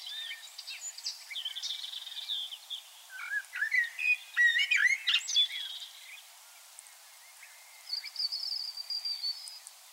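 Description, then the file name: Common blackbird calling with varied chirps and short warbled, whistled phrases for about six seconds, followed by a thin high trill near the end. "Turdus merula"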